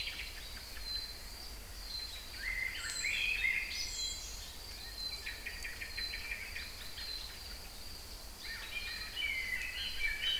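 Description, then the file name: Songbirds trilling and chirping in several short bursts, with quick rising whistles, over a steady high-pitched insect-like drone and low rumble. Recorded in Kouri Forest, Thessaloniki, Greece, on 22 May 2012 at 18:35. "Singing Birds 3 Kouri Forest Salonika 22 05 12 18 35"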